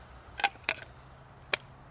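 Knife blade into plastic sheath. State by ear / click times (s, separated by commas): seated / 1.5 s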